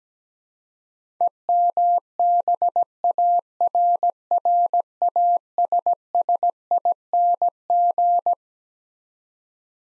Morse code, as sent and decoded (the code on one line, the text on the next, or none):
. -- -... .- .-. .-. .- ... ... .. -. --.
EMBARRASSING